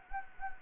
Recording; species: mosquito wingbeat signal from an infrared sensor; Anopheles gambiae